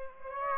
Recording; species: mosquito wingbeat signal from an infrared sensor; Aedes aegypti